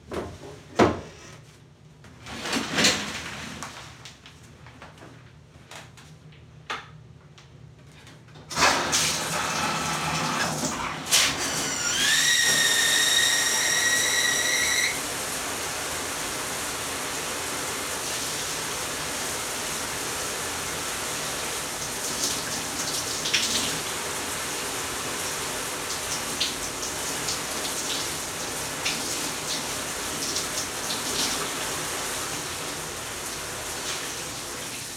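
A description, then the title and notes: A shower runs. The first eight seconds bring scattered knocks and handling sounds over quiet. Then the water comes on in a dense, steady hiss, with a brief rising squeal around twelve seconds. A steady patter continues to the end. ASMR Radio - Quick evening showers. I was listening to the shower water rain down on to my shoulders and I was just about mesmerized .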